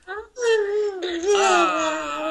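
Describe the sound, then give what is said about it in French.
A baby whimpers and babbles in a string of wavering, high-pitched vocal sounds, rising and falling without pause, fairly loud with no adult talking over it. “C'est quel enfant qui parle de Frère Junior là comme ça? C'est Cyril. Ah, mon bébé Cyril.”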